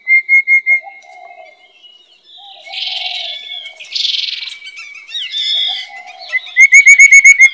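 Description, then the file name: Rufous-capped babbler piping song: a brief run of clear notes at the start and a longer run at the end, with buzzy calls and soft low notes between. "山紅頭"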